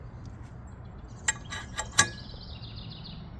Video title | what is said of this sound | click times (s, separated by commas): G42-1200 UNBOXING! 1200 HP TURBO | Hear that nice click? Yeah. | 2.0 s